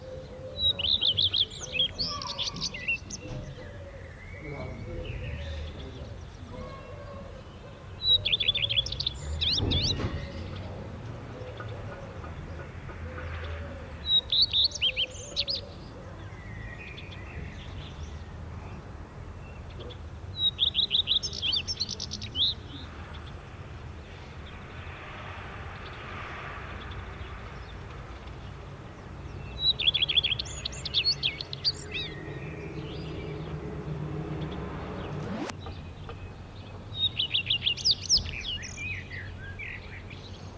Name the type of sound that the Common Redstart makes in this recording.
song